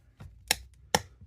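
A plastic wing peg is forced into the hole in an action figure's back, with a soft knock near 0.2 s before two sharp, bright snaps at 0.5 s and 1.0 s. After the second snap the wing is seated in place.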